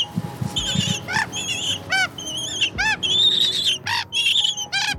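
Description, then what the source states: Little penguin chick peeping: short, high, arched peeps rich in harmonics, repeated several times, alternating with longer wavering calls. Chick about 32 days old, sex unknown, in an enclosure in New Zealand, microphone held to its beak; described as little peeping noises.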